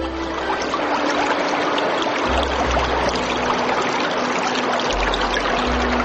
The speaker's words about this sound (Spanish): Pero solo salieron algunas gotas y no más.